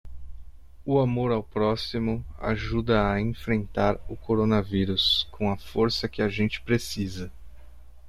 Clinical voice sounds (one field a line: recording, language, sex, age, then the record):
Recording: spoken sentence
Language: Brazilian Portuguese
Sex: male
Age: 30 to 39 years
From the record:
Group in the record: control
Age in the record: 31 years